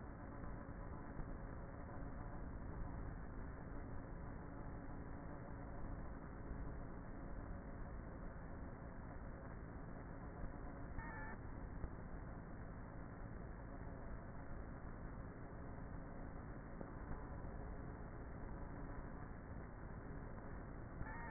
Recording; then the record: honeybee colony, microphone inside the hive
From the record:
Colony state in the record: queenless with a low population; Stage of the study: before two queens were removed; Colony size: about 30,000 bees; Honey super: no